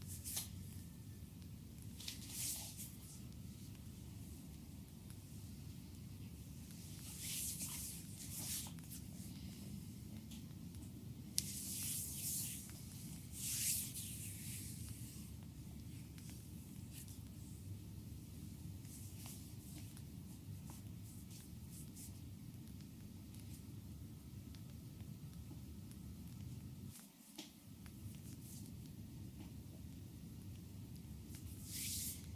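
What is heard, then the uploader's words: A neck massage with soft rubbing and brushing swishes over a steady low rumble, plus a brief deep thump around twenty-seven seconds. ASMR neck massage by Olga. Sports technique.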